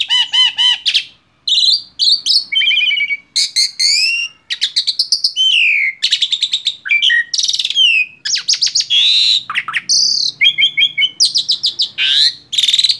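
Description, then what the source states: Asian pied starling song, a dense run of varied whistles, buzzy notes and harsh chatter, switching phrases rapidly with brief pauses. Training recording (masteran) of Asian pied starling song for teaching cage birds.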